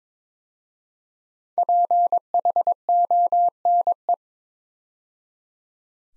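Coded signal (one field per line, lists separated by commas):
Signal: Morse code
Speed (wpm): 22 wpm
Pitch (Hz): 700 Hz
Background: none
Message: PHONE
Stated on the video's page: Morse practice of 5-letter words at 22 wpm, each word sent twice for head-copy training.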